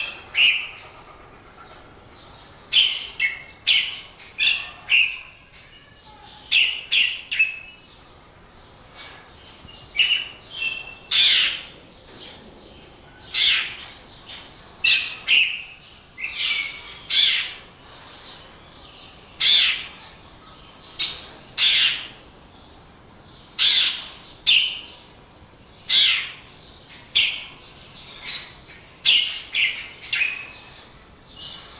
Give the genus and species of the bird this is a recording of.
Lamprotornis regius